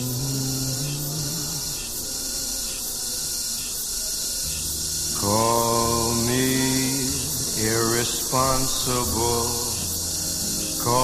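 Cicadas buzz steadily in a bright, dense drone throughout, while a slow jazz tune enters around five seconds with sliding, wavering melody notes.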